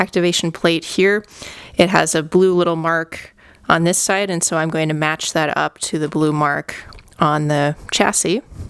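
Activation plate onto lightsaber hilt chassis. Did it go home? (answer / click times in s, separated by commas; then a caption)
no / none. Someone talks while handling a plastic activation plate for a toy lightsaber hilt, lining up the blue mark on the plate with the blue mark on the chassis. The clip ends just before the plate snaps on; nothing has seated or clicked yet.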